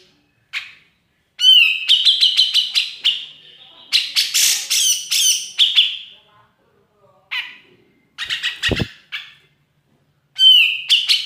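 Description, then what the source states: Grey-cheeked bulbul singing varied phrases: ringing upslurred notes, rattling runs of quick repeated notes, and harsh bursts, delivered in short irregular bouts. Masteran training recording, used for tutoring songbirds.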